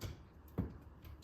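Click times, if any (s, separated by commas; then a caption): none. The two support rods of a folding steel-frame camping table are being handled at their holes on the fully expanded base, with short knocks at about 0.0 and 0.6 seconds against a quiet background. Nothing has clicked into place or seated yet.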